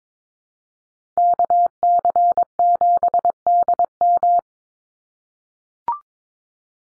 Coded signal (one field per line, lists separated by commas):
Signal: Morse code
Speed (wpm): 22 wpm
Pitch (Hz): 700 Hz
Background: none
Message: KC7DM